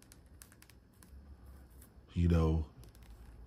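A Hot Toys Star Wars Episode 2 Padmé action figure's head sculpt is handled as it is pushed back toward its neck peg, making faint, scattered ticks and light handling noise. Someone talks briefly in the middle. Nothing has seated or clicked yet.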